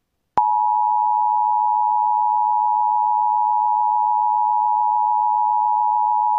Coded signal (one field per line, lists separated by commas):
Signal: Emergency Alert System (SAME) tones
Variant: 853 and 960 Hz attention tone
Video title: EAS (FOUND) Child Abduction Emergency Hampton, VA